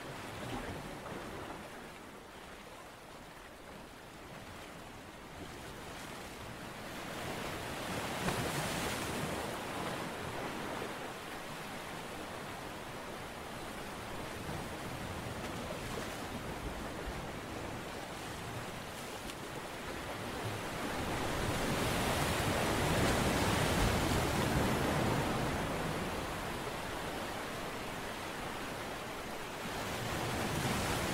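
Ocean waves wash in with a steady, dense hiss, swelling into broader surges around 8 seconds and again near 22 to 26 seconds before easing back. The rushing sound fills the lows through the highs, continuous, with no distinct separate events.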